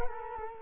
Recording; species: mosquito wingbeat signal from an infrared sensor; Culex quinquefasciatus